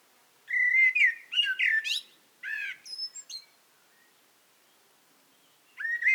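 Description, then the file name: Eurasian blackbird song: mellow warbled phrases around mid pitch ending in squeaky high flourishes, two phrases in close succession, then a pause and a new phrase beginning. "Turdus merula"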